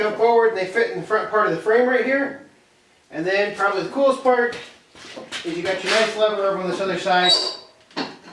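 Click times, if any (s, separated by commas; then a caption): none. Someone talks while handling the mower deck of a John Deere 425, 445 or 455 garden tractor, setting the remaining hook on the far side of the deck toward its mount on the tractor frame. Nothing has seated or clicked into place yet.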